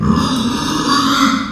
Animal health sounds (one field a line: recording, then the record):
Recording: squeal of a Yucatan mini pig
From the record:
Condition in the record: after surgery on the right vocal fold (resection and tissue-engineered implant)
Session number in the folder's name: 12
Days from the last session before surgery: 105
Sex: female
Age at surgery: 19 weeks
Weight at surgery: 25 kg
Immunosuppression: prednisolone